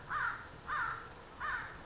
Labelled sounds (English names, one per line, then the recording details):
American Crow
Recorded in Sonoma County, California